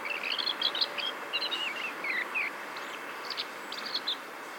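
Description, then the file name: Common blackbird uttering a rapid run of warbled, chattering notes, then softer scattered calls over steady hiss. "Turdus merula"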